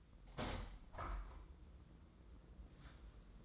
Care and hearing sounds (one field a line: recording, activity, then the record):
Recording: daily activity, microphone in the room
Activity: open window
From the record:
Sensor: 3